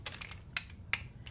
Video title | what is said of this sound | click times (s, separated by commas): Catherine Pooler Seasonal Collection - Festive Dies, Stamps & Stencils for Creative Christmas Makes | This just clicks right in and | 0.6 s, 0.9 s